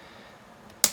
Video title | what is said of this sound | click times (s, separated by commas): How To Make A Blue Convertible Sports Car With LEGO Bricks Tutorial | Should snap right in place. | 0.8 s